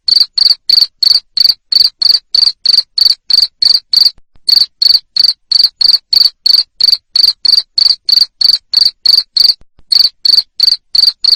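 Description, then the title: Cricket's loud high chirps repeated about three times a second in a long regular train, interrupted by two short gaps. Loud cricket chirping used to stimulate lovebirds to sing continuously (ngekek). "Suara JANGKRIK NGERIK Keras Bikin LOVEBIRD Jadi NGEKEK Terus Vubey"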